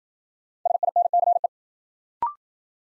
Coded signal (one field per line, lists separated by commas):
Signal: Morse code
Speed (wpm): 56 wpm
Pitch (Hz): 700 Hz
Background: none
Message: SINCE